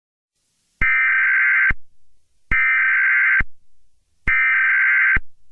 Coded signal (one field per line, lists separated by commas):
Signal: Emergency Alert System (SAME) tones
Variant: header bursts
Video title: EAS Scenarios #74-77: The Protagonist (Full EAS Story)